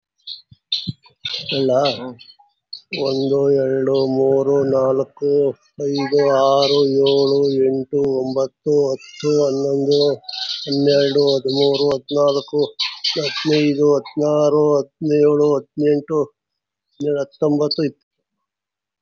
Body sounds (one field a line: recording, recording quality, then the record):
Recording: counting at a normal pace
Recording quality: excellent, no background noise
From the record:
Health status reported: COVID-19 positive, no symptoms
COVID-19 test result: positive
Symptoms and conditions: diabetes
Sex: male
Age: 47 years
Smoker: not ticked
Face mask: worn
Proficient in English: no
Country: India